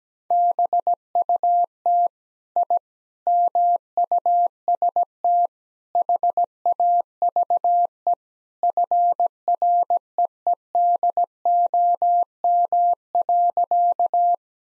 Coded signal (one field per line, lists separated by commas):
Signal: Morse code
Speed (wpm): 17 wpm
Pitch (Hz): 700 Hz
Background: none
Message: BUT I MUST HAVE FREEDOM.